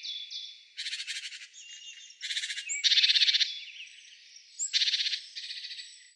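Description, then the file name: Great tit scolding with dry rattled churrs, several buzzy pulsed bursts in quick succession, separated by softer scratchy chatter and brief thin piping notes. "Parus major"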